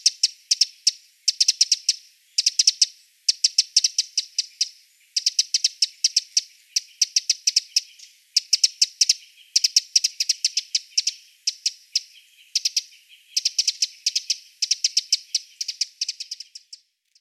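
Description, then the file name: Eurasian wren giving hard clicking tick notes in rapid clusters, repeated steadily with only short pauses through the whole stretch, each cluster a brief rattling burst. "Troglodytes troglodytes"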